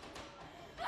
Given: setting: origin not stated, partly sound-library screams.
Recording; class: one-second piece from a danger detection set; woman in danger